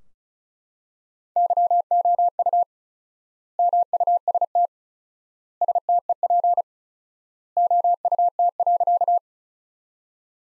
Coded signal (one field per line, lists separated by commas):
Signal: Morse code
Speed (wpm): 36 wpm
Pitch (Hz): 700 Hz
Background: none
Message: YOU MUST STEP OUT.